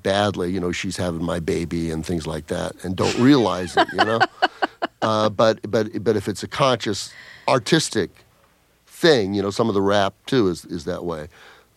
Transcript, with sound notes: you know, she's having my baby, and things like that - and don't realize it, you know?
(Laughter).
But if it's a conscious, artistic thing - you know, some of the rap, too, is that way